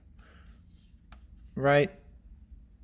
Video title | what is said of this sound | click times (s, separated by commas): 17 Sti Piano Black Interior Trim | right now it didn't click I hope | none